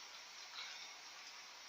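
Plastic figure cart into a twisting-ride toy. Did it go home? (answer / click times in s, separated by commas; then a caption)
no / none. A plastic Twirlie figure cart is put up and turned to face backwards on a plastic kiddie-meal twisting amusement ride toy. A steady, soft, hiss-like plastic rustle swells slightly around 0.6 s and then stays level, with no sharp transients. Nothing has clicked or seated into place yet.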